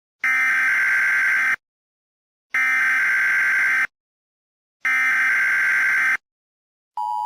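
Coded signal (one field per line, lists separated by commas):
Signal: Emergency Alert System (SAME) tones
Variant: header bursts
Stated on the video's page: Fictional recreated EAS scenario.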